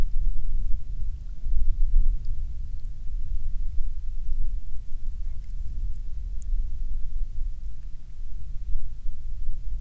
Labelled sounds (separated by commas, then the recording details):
rain
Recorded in the Prudhoe Bay oil fields, Alaska, on 12 May 2019 at 15:08
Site 21